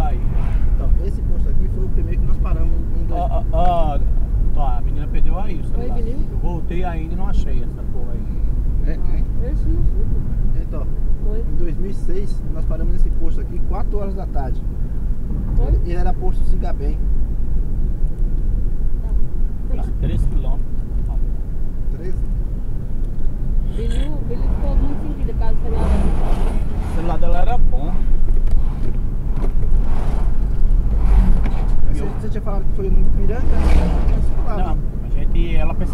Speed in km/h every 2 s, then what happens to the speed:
50, 50, 49, 50, 50, 50, 49, 49, 48, 48, 51, 52, 52, 54, 56, 56, 56, 57.
0-36 speeds up to 57.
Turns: none.